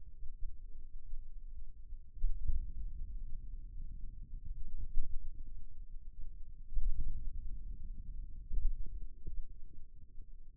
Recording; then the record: forearm muscle sounds (acoustic myography)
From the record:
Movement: hand opening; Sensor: system 2, bracelet of six BSWA MPA416 microphones around the upper forearm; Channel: 3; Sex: male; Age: 22 years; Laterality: right